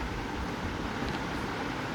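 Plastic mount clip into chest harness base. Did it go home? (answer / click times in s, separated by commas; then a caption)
no / none. A plastic phone mount clip is lined up on a chest harness base in the stated direction, ready to be pressed and locked in. Only a steady, even background rumble like road traffic is heard for the full 2.0 seconds. Nothing has clicked or locked yet.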